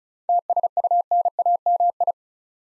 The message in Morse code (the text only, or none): TSUNAMI